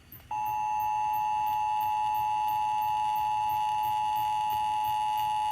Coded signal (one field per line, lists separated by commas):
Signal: Emergency Alert System (SAME) tones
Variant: 853 and 960 Hz attention tone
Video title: Another SVR On 107.9 FM EAS #350